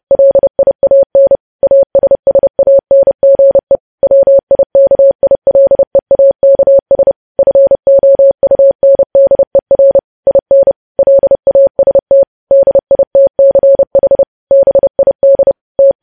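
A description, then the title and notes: Morse code tapped out as a steady mid-pitched tone, short and long beeps in rapid, even rhythm with brief gaps between groups. Morse code.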